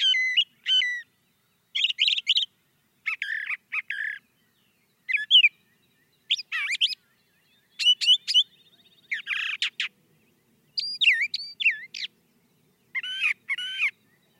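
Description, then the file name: Brown thrasher song: varied scratchy and whistled phrases, often given twice, in a steady stream. "suara-kicauan-brown-thrasher 2-omkicau"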